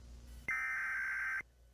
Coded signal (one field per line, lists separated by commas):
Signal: Emergency Alert System (SAME) tones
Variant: header bursts